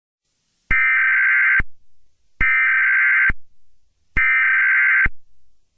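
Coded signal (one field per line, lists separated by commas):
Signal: Emergency Alert System (SAME) tones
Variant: header bursts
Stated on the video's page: Fictional EAS scenario using valid EAS tones.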